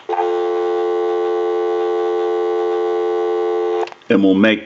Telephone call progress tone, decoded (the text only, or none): dial tone